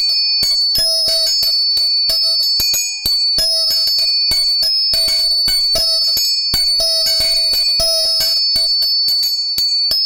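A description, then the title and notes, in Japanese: Tuning forks ring with steady, bright, high tones that hold almost unbroken across the whole stretch, with a lower pitch that comes and goes. Over them, quick sharp clicks and taps crowd in at irregular moments, some in rapid bursts, with brief quieter gaps between. 音叉チューニング3本。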